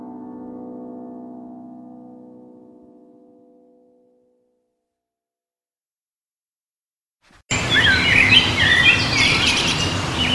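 A low, steady harmonic tone fades out into a few seconds of silence, then a loud, dense chorus of birds chirping and singing bursts in and carries on to the end.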